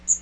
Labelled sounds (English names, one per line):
Magnolia Warbler flight call